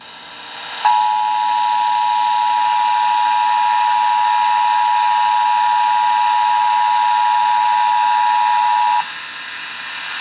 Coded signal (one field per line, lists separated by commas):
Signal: Emergency Alert System (SAME) tones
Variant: 853 and 960 Hz attention tone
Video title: (EAS #633-641) May 2024 Texas Required Monthly Test